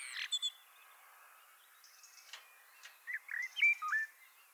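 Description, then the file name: Common blackbird giving a few short whistled notes that curve up and down, clustered in the last second and a half, after scattered thin high chirps from other birds. "Turdus merula"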